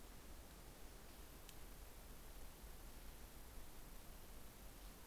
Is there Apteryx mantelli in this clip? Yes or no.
no